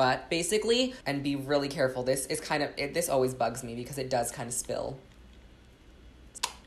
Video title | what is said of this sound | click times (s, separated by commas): POOPSIE SLIME SURPRISE UNICORN UNBOXING : FUNNY FAIL TOYS | Clip it into place, you should hear it click, and then close her back. | 6.4 s